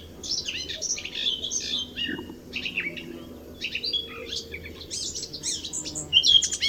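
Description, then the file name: Eurasian blackcap warbling almost without pause, a busy jumble of chattering and whistled notes over constant low background noise. "Sylvia atricapilla"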